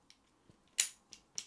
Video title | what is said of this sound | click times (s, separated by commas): Sirui P-224s Unboxing/ Initial Thoughts | it's got a very nice click to it when it when it fits in just | 0.8 s, 1.4 s